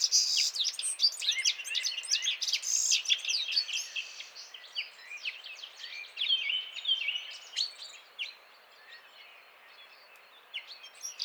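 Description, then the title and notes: Citril finch song from several birds at once, a dense tinkling, twittering jumble for about seven seconds that thins out and fades quieter toward the end. Males singing in a gathered flock before females at end of winter, 17 March 2017, Vallon de Combeau, Drôme, France, mountains; recorded with Nagra Seven and Telinga P7. "Printemps de Venturon. Vallon de Combeau - Drôme"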